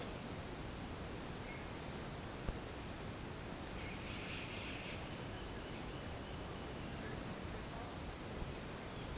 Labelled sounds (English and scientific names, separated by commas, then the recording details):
none
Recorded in pastures near Puerto Asís, Putumayo, Colombia, on 22 December 2024 at 09:30
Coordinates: 0.466, -76.322
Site G040